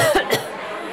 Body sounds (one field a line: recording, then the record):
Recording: coughing mixed with background sound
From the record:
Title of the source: Coughing Woman Sound - Woman Cough Sound Effect